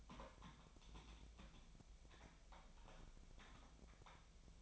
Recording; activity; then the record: daily activity, microphone in the room; typing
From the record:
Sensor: 1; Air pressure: 1009.5 hPa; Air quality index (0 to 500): 195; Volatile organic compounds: 19 ppm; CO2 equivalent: 2668 ppm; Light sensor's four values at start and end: 30/77/32/38 and 30/77/32/38